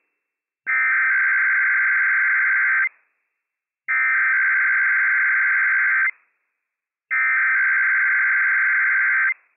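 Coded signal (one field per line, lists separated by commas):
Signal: Emergency Alert System (SAME) tones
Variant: header bursts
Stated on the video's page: Required weekly tests relayed on WWF56 weather radio, from county sheriff, civil authorities and Idaho state communications center.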